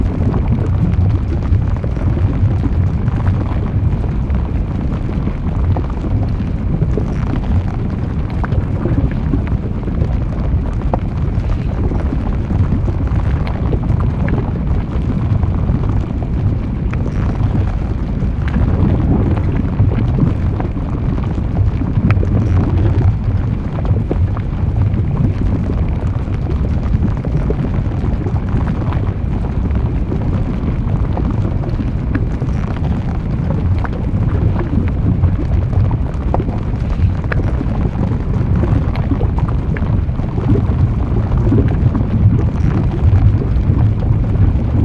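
A continuous deep rumble of lava and volcanic activity fills the full 45 seconds, heavy in the low end with a dense, churning texture. The level stays steady throughout, with small crackling bursts and gusty roars rising briefly but no sharp distinct blasts.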